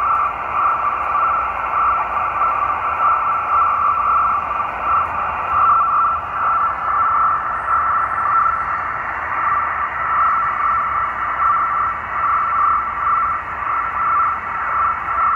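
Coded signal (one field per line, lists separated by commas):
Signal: NAVTEX (SITOR-B)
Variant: 100 baud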